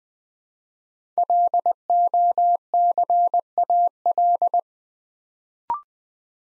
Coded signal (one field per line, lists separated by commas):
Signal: Morse code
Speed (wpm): 20 wpm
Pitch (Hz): 700 Hz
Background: none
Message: LOCAL